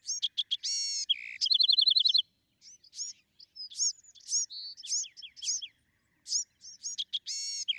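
Bewick's wren singing: opens with staccato notes, a buzzy rasp and fast trill, then a varied string of chips and slurred notes, another phrase beginning at the end.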